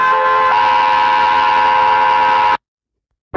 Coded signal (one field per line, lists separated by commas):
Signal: Emergency Alert System (SAME) tones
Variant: 853 and 960 Hz attention tone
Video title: Eas Alarm A-F